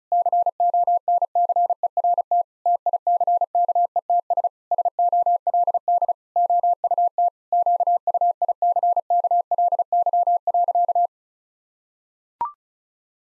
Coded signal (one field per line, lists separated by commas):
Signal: Morse code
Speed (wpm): 36 wpm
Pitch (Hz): 700 Hz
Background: none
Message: CONCERT TICKETS SOLD OUT QUICKLY.